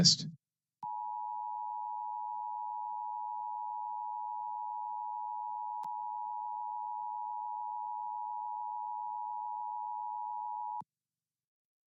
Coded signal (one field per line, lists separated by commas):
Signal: Emergency Alert System (SAME) tones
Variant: 853 and 960 Hz attention tone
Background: speech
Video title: LIVE AM/MW DX: DX Central Live - S. 3, Ep. 16 | Friday, January 20, 2023